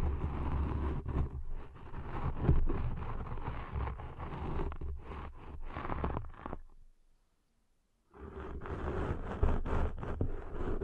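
Deep ear cleaning sounds rub and crackle in dense, low rumbling scrapes with sharp clicks, stopping near seven seconds before resuming around eight.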